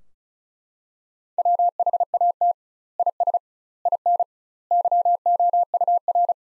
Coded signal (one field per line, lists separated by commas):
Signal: Morse code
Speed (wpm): 34 wpm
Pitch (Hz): 700 Hz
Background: none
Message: WHAT IS IN YOUR